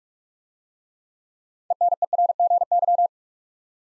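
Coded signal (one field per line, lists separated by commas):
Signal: Morse code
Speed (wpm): 46 wpm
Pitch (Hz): 700 Hz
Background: none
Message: ENERGY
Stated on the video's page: Morse word drill at 45 wpm: six-letter words for head-copy practice, each sent twice.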